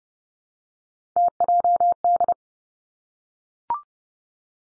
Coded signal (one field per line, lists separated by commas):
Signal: Morse code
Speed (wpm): 30 wpm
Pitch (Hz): 700 Hz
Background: none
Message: TJD